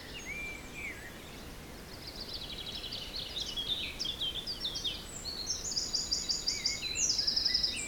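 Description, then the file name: Birdsong chorus with whistled slurs, then rapid high trills and repeated chattering notes becoming louder near the end, wind hissing behind. Forest in spring, windy weather of force 3 Beaufort, recorded at 1 pm. "Forest Spring Birds Windy 3 bft 1 pm"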